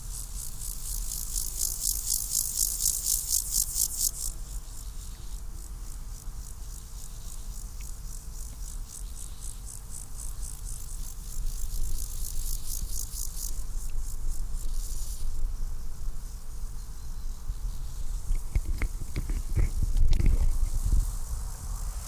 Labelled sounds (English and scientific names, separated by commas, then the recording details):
Steppe Grasshopper (Chorthippus dorsatus) stridulation
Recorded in the wild
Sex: male
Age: imago
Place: Mühlenbeck, Brandenburg, DE
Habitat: Feuchtwiese
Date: 1997-08-31 15:26
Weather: 24°C, heiter (Wolkenschatten)
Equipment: Sony MD-WM MZ-R3, Sennheiser ME 80, K 30 AV, Kopie Uher 4000 Report Monitor
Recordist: Tembrock, Günter